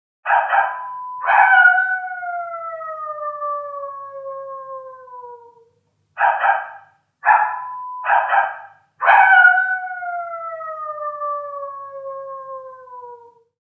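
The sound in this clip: Dog barking and howling: one or more short sharp barks, then a long falling howl, and the same pattern repeated a second time.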